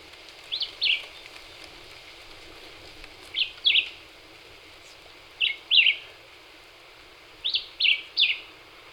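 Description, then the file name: Black-whiskered vireo song: four short phrases of paired slurred notes, the last one a quick three-note group, with light steady background noise. Recorded 26 April 2019. "2019-04-26 Black-whiskered Vireo"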